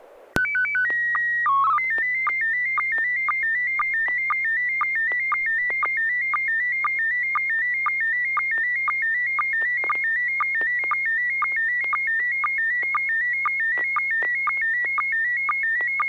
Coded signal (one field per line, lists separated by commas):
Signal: SSTV (slow-scan television)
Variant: PD 120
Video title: N6NA SSTV Net - 04/21/2021